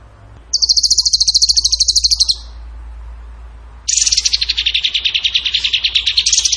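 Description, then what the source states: Bird song: a high rapid trill of about two seconds, a pause, then a longer, slightly lower and richer pulsed trill that wavers in pitch. Masteran training recording; tembakan gacor song style.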